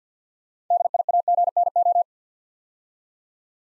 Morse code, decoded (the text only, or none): DIAGNO